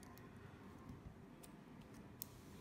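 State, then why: Seated. A stainless steel link band's end piece is slid into a smartwatch case's band slot until it latches. Faint ticks and light scraping lead to one sharp, bright click at 2.2 s as the band end seats in the slot.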